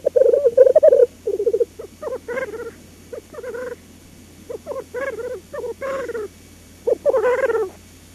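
Black grouse rookooing: low, bubbling cooing phrases repeated about once or twice a second with short gaps, some louder and richer, others softer.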